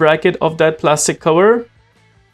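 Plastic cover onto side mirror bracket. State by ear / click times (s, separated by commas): not seated / none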